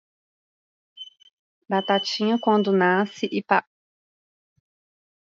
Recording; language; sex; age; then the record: short text; Brazilian Portuguese; female; 30 to 39 years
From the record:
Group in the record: control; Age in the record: 34 years